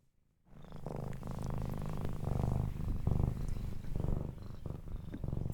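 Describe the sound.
Cat purring, a low steady rumble with pulsing breath cycles that starts after a short silence and continues throughout.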